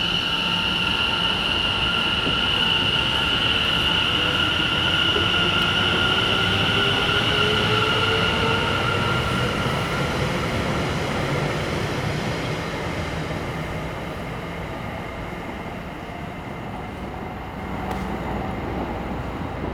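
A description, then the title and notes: On a cold early-morning station platform, a train rumbles steadily, a bright squeal of wheels fading out midway through. Captured early in the morning on a cold station platform. The temperature is -3c and the people waiting for the train are wearing winter clothing.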